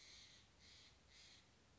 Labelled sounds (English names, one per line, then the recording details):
Steller's Jay
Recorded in Sonoma County, California